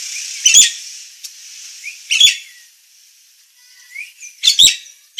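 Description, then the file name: Nias hill myna mixing harsh squawks with soft rising whistled notes and quiet chatter, with a loud grating double call near the end. Described as a persistently singing (gacor), noisy (berisik) Nias myna. "Kicau Jalak Nias Gacor Suara Berisik"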